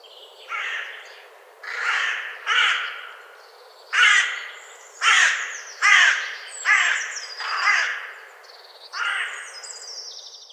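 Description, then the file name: Carrion crow giving a series of about nine harsh, hoarse caws, roughly one second apart. "Corvus corone"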